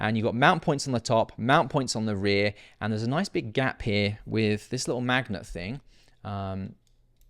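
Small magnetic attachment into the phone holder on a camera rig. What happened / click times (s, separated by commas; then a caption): The small magnetic piece is being positioned but has not yet clicked home / none. Someone talks while handling a small magnetic attachment beside the gap of a spring-loaded phone holder on a Sony FX3 camera rig. Only speech and faint handling are heard. The attachment has not locked into place yet, and nothing has seated or clicked.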